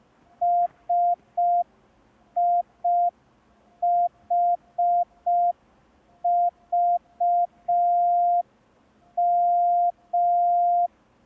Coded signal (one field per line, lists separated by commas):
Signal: Morse code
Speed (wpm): 5 wpm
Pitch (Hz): 700 Hz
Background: none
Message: SIHVM